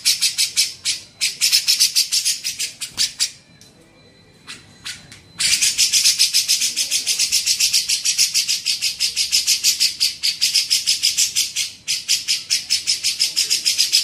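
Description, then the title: Grey-cheeked bulbul giving harsh, buzzy chattering bursts of rapid notes, about three per second, broken by a short pause; faint steady whine in the background. Masteran training song used to teach songbirds. "MASTERAN CUCAK JENGGOT"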